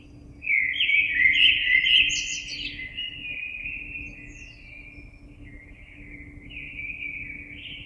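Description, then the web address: Common blackbird delivering one loud mellow warbled verse with a brief high squeak, then trailing into quieter, softer fluting; low hum in the background. Recorded 26 April 2022. "oiseaux Merle 2022 04 26"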